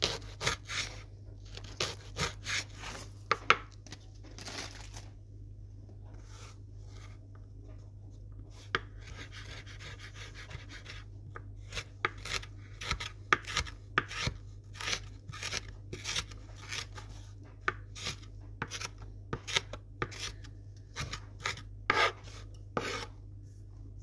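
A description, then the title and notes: Someone handles crunchy sandwiches, with short crisp crackles and rasping scrapes coming in irregular bursts, thickest early on and again from about twelve seconds onward. A steady low hum runs underneath throughout, and a quieter stretch falls around six to nine seconds. Making crunchy sandwiches and eating them.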